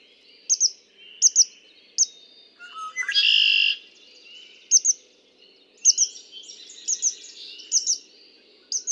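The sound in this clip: Red-winged blackbird singing once: a short rising note, then a loud, rasping, buzzy trill near the middle, surrounded by sharp high double chips repeating throughout.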